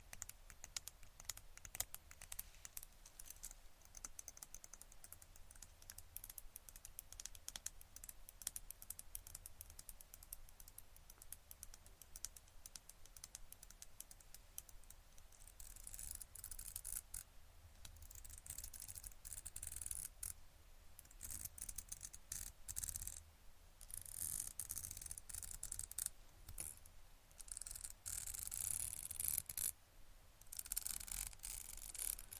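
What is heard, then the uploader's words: Tapping and scratching sounds run the whole half minute as a dense, irregular stream of quick clicks and scrapes. The activity grows busier and brighter after about fifteen seconds, with louder bursts of scratching near 20, 25 and 30 seconds over a low rumble. Tapping & Scratching.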